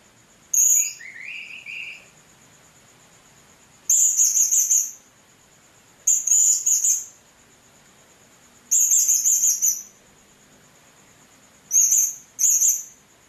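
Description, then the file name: Blue-crowned hanging parrot calling in repeated bursts of piercing, buzzy chirps every two to three seconds, the first note dipping lower, against a continuous thin high hum. "serindit"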